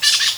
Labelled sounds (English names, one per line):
Brown-throated Parakeet contact call